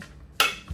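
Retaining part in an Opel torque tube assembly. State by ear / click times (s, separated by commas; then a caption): seated / 0.4 s. A retaining part in an Opel torque tube assembly, during a torque tube doughnut rebuild on an Opel GT, Manta, Ascona or Kadett, is pushed further until it snaps into place with one sharp, loud snap at 0.4 s. A soft low thump follows near 0.7 s. The part is seated.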